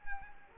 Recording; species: mosquito wingbeat signal from an infrared sensor; Culex quinquefasciatus